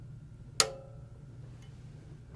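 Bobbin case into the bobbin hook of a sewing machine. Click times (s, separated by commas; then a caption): 0.6 s. A metal bobbin case holding a bobbin is pushed into the bobbin hook area of a sewing machine without pulling its lever. It clicks into place with a single sharp, very loud snap at 0.6 s, with a brief ringing tail over a low steady hum. The bobbin case is seated.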